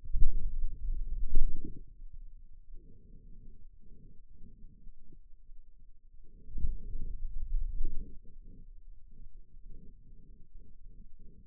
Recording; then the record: forearm muscle sounds (acoustic myography)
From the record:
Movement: finger pinch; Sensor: system 2, bracelet of six BSWA MPA416 microphones around the upper forearm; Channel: 4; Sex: male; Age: 22 years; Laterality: right